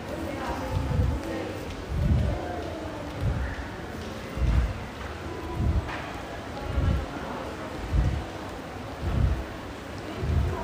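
Footsteps thud at a steady walking pace, roughly one step per second, over a constant low rumble. Voices murmur faintly in the background throughout, with a few brief brighter sounds mixed in.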